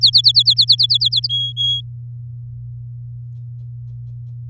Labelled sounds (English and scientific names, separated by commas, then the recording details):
Domestic Canary (Serinus canaria) song
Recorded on 6 May 2018 at 06:01
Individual llb16